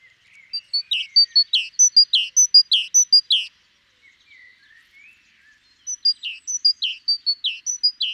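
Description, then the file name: Great tit producing a repeated series of high chirps with falling tails, broken by a short pause with soft lower notes, then the series resumes. "Parus major"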